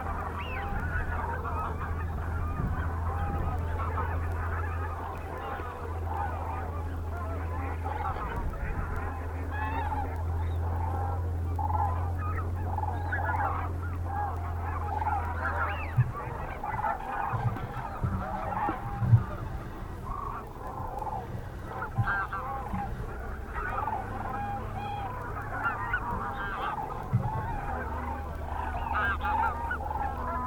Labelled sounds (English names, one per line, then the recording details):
Eurasian Wigeon call
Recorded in the wild
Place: Freesen, Insel Rügen, Mecklenburg-Vorpommern, DE
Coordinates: 54.497, 13.237
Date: 1969-10-07
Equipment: Nagra III BH, Sennheiser MD 421, parabola
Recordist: Schubert, Michael